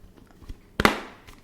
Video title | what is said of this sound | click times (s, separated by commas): Freemie Rose Breast Pump Review | There it is. You need to listen for this click to make sure. | 0.8 s